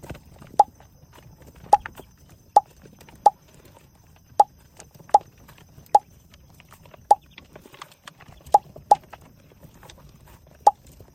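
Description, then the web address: Quail calling with brief, sharp notes repeated about once a second, somewhat irregularly, over quiet background hiss. Recorded at Orotina. "orotina codorniz"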